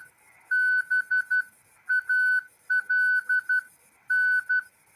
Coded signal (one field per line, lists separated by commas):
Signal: Morse code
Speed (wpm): 12 wpm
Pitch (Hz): 1500 Hz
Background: none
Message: BALN